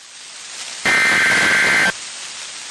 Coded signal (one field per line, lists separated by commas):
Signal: Emergency Alert System (SAME) tones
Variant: header bursts